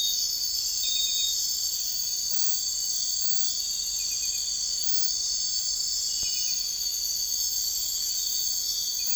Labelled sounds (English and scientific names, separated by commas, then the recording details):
none
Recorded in dense forest near Puerto Asís, Putumayo, Colombia, on 21 March 2025 at 04:00
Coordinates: 0.484, -76.317
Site G064